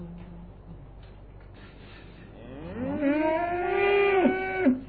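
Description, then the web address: Cow giving a long moo that swells after a quiet start, rising in pitch and then holding. "Sound Effects Special FX 2. Cows"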